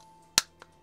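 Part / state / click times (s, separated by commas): plastic figure part into the model kit body / seated / 0.4 s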